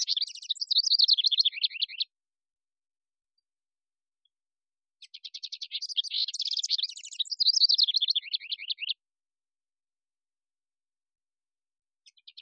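House wren song: two bubbly, rapid cascades of high trilled notes, each a few seconds long and separated by silence, with a brief start of a third at the end.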